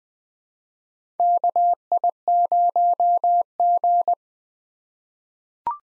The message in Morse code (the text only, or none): KI0G